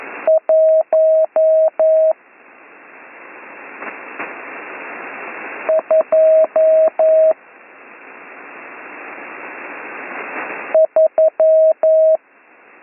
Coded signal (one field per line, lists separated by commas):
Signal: Morse code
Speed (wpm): 11 wpm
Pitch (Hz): 640 Hz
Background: radio noise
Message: 123